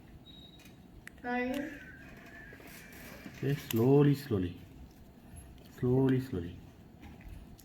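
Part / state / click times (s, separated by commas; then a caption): inner contact part pushed into a motorcycle ignition key switch housing / seated / 7.6 s. A plastic inner contact part is slowly pushed into the housing of a motorcycle key ignition switch (FZ150i), reassembled after its contacts were cleaned to fix the power cutting off while riding. Someone talks while a few small clicks and taps sound, and the part seats with a click at 7.6 s.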